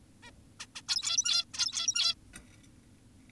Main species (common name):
Zebra Finch